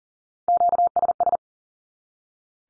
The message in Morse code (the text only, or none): QSS